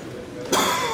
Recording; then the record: coughing mixed with background sound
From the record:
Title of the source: Mid-morning Winter Coughing Fit